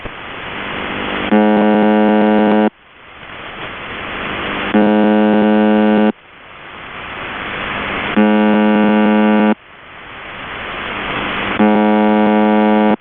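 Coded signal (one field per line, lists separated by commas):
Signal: channel marker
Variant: UVB-76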